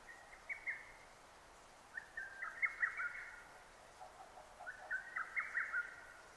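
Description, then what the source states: Lesser cuckoo song with three hurried phrases of sharp notes. 6 June 2009.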